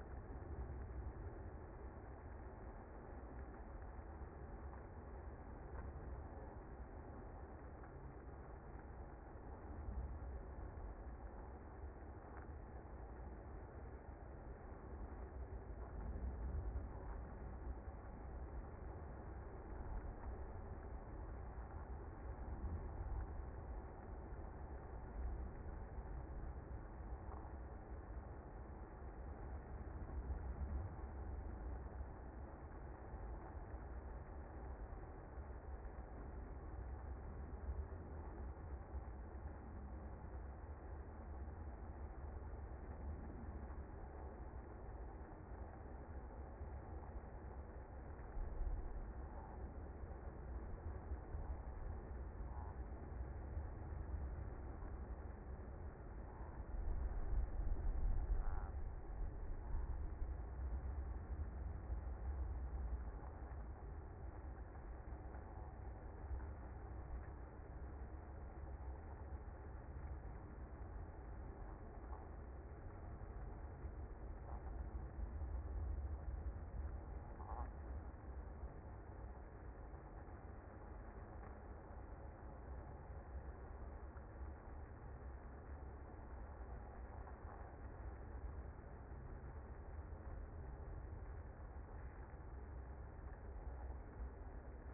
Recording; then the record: honeybee colony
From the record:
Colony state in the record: active